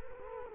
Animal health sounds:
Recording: mosquito wingbeat signal from an infrared sensor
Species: Culex quinquefasciatus

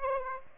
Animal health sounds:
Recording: mosquito wingbeat signal from an infrared sensor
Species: Aedes aegypti

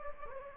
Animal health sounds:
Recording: mosquito wingbeat signal from an infrared sensor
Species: Anopheles gambiae

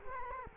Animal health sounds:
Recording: mosquito wingbeat signal from an infrared sensor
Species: Culex quinquefasciatus

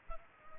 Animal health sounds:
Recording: mosquito wingbeat signal from an infrared sensor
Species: Culex pipiens

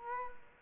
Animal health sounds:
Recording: mosquito wingbeat signal from an infrared sensor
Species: Culex quinquefasciatus

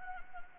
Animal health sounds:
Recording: mosquito wingbeat signal from an infrared sensor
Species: Anopheles gambiae

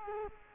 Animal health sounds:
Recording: mosquito wingbeat signal from an infrared sensor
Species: Culex quinquefasciatus

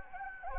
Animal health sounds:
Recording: mosquito wingbeat signal from an infrared sensor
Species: Anopheles gambiae

